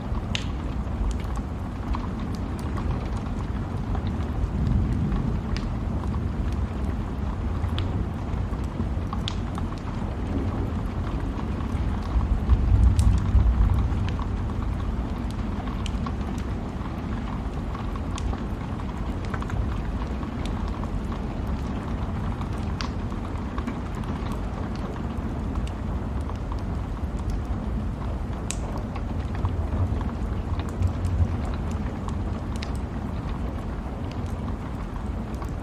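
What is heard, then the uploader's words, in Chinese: A fireplace on a rainy night: a steady, dense bed of low rumbling hiss runs the whole way through, with sharp crackles and drips popping up irregularly every second or two. A brief, slightly louder swell comes around thirteen seconds. 雨夜火炉。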